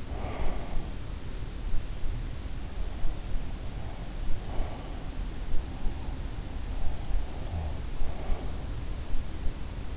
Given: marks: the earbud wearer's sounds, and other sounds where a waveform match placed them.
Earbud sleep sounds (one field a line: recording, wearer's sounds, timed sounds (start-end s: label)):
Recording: sounds in sleep by an in-ear microphone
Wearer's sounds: breath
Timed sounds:
0.00-0.83 s: breath